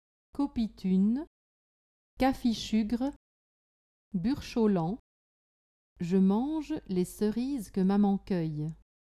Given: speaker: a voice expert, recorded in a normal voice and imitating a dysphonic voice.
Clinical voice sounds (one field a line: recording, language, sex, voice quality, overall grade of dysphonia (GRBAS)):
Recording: pseudo-words and a read sentence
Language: French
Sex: female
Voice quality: normal voice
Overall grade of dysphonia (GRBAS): grade 0 of 3